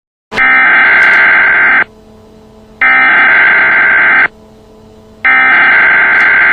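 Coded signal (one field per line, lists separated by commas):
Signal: Emergency Alert System (SAME) tones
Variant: header bursts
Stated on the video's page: EAS recording from a VHS tape, presented as an attack alert.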